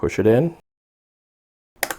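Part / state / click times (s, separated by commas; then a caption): memory module into motherboard DIMM slot / seated / 1.8 s, 1.9 s. Someone talks briefly, then after a pause the second memory stick is pushed down with two fingers into the motherboard DIMM slot. Two sharp clicks at 1.8 s and 1.9 s are heard as both side locks close. The module is seated.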